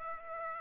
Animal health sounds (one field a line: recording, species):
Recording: mosquito wingbeat signal from an infrared sensor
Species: Aedes aegypti